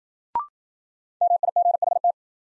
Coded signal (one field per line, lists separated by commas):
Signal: Morse code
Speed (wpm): 52 wpm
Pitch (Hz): 700 Hz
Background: none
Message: MIGHT